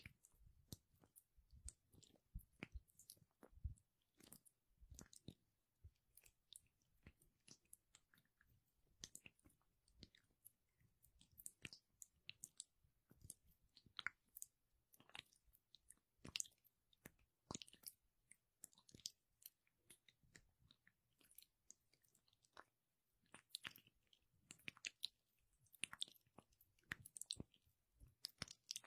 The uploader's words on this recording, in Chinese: 芦荟凝胶搓手手。